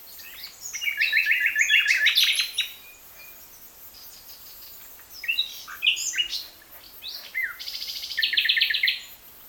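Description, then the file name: Common nightingale song: a loud rapid trill of repeated notes, then a pause and varied whistled phrases ending in another fast pulsed trill. "Luscinia megarhynchos"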